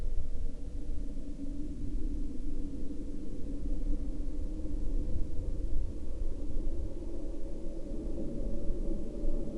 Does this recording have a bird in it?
no